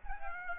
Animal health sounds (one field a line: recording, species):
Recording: mosquito wingbeat signal from an infrared sensor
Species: Aedes aegypti